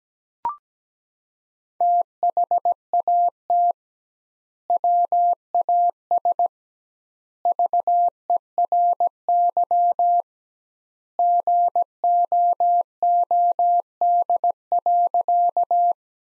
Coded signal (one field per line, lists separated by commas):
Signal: Morse code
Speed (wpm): 17 wpm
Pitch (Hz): 700 Hz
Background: none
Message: THAT WAS VERY GOOD.